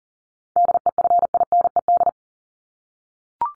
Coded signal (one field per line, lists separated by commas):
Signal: Morse code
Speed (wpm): 40 wpm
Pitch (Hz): 700 Hz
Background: none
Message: DEFINED